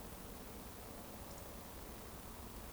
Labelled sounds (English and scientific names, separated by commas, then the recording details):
Eurasian Woodcock (Scolopax rusticola) whistle
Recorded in Baden-Württemberg, Germany, on 24 June 2020 at 20:31 UTC
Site 14569, 102 m above sea level